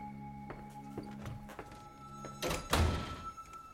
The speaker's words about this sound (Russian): Окно детской закрывается.